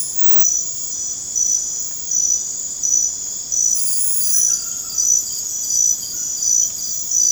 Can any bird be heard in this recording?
no